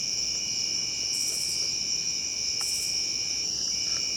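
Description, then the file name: Crickets singing a continuous high-pitched trill in overlapping steady bands, with brief higher buzzy bursts joining twice. Crickets recorded on 7 September 2016 during a cricket crawl. "thomas wilson Herring Run Cricket Crawl"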